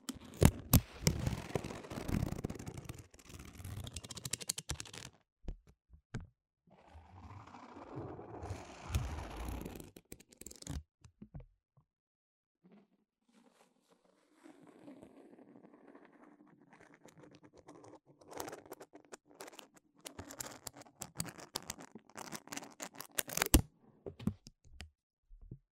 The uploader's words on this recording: Gentle/Fast tapping on all things Apple. You'll hear me tapping HomePod mini, Magic Keyboards, different MacBooks, awesome product boxes and cases that make amazing sounds etc.